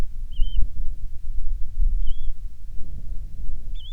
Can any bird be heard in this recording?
yes